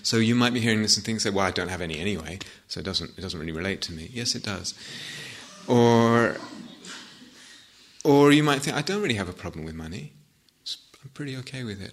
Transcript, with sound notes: So you might be hearing this and think, "Well, I don't have any anyway, so it doesn't really relate to me." Yes, it does. [laughter] Or you might think, "I don't really have a problem with money. I'm pretty okay with it."